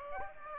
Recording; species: mosquito wingbeat signal from an infrared sensor; Aedes aegypti